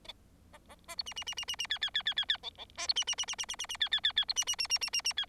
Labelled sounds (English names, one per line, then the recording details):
Bengalese Finch song
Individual Bird4